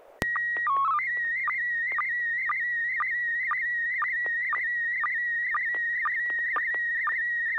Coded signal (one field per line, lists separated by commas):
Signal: SSTV (slow-scan television)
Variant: PD 120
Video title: N6NA SSTV Net - 03/03/2021